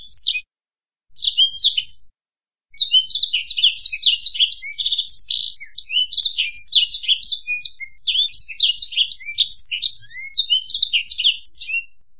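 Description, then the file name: Black-throated canary singing: two brief high twitter bursts separated by silent gaps, then a sustained rapid run of varied chirps and warbles. "suara burung blackthroat"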